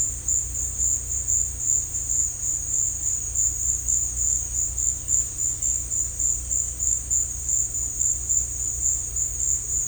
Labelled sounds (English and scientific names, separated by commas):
none